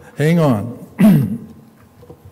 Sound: clears throat